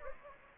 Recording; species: mosquito wingbeat signal from an infrared sensor; Anopheles gambiae